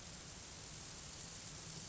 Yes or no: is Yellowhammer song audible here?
no